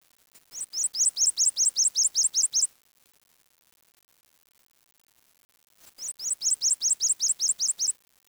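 Bird calls in two bursts of many high, rising chirps, each delivered rapidly and evenly, separated by a few seconds of quiet.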